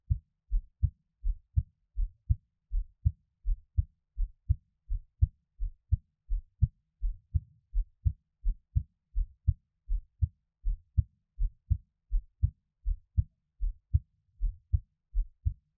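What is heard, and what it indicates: Soft, steady low thumps of an adult heartbeat, about 82 beats a minute, heard close up in a quiet room without speech.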